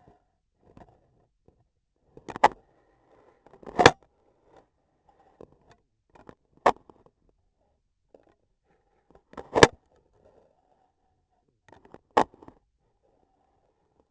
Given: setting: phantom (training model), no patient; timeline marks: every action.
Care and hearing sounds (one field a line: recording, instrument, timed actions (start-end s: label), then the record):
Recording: laparoscopic instrument, vibration sensor on the handle end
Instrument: scissors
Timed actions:
1.94-2.62 s: scissors opening
3.40-4.00 s: cutting foam
6.48-6.88 s: scissors opening
9.25-9.83 s: cutting foam
12.07-12.32 s: scissors opening
From the record:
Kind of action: gesture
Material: foam